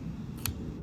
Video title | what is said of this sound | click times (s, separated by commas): How to Replace Wiper Blades - Maserati Ghibli / Quattroporte (Easy) | clicked into place and we're good to go | 0.5 s